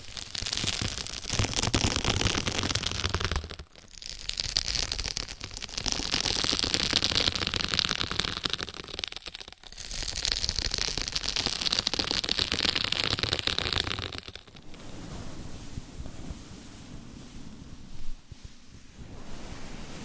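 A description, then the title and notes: Dense, gritty scratching fills the clip in long strokes, with brief pauses just before 4 seconds, near 9.5 seconds, and around 14 seconds. The sound is bright and rough. After 14 seconds it turns softer and quieter, a lighter rubbing with a small knock near 18 seconds. Scratching , Tapping , Massage & More. No Talking.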